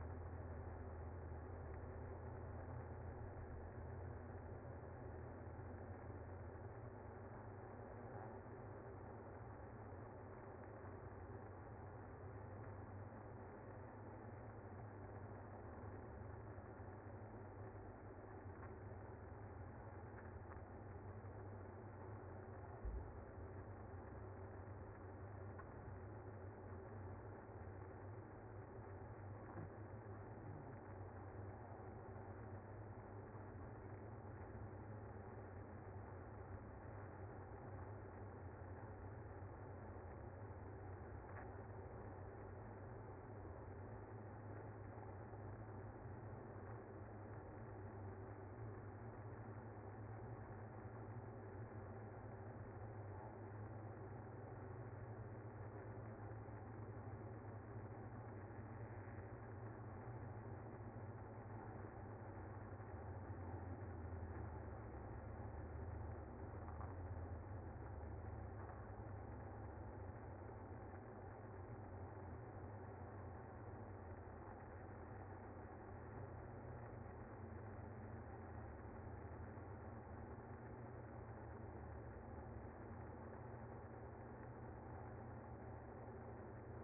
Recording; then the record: honeybee colony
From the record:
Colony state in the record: active